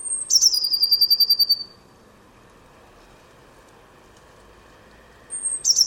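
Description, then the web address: Bird call: a thin high whistled note dropping into a rapid pulsing trill about 1.3 seconds long. A second call begins at the very end over a steady low hum. "cianscape birddata Deverinetal 2025 Bird Only Cy Ca"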